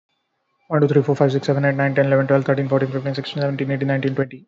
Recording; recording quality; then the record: counting at a fast pace; excellent, no background noise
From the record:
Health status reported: recovered from COVID-19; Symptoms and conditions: fever, muscle pain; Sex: male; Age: 28 years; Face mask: worn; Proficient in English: yes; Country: India